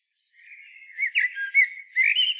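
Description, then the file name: Common blackbird song fragment: a soft fluty warble, then brief louder squeaky twitters in quick succession. "Turdus merula"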